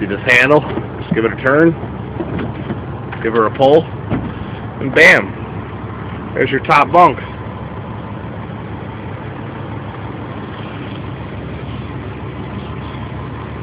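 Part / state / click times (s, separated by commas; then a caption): folding bunk latch on a truck sleeper cab wall / not seated / none. The folding top bunk latch on the wall of a semi-truck sleeper cab is handled while someone talks over the steady low hum of an idling truck engine. The bunk has not yet been pushed back up into its stowed position, and its latch has not locked or clicked yet.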